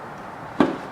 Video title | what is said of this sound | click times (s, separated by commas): BMW E60 M5 Rear Bumper Removal DIY | and it snaps right into place Perfect Fit here | 0.6 s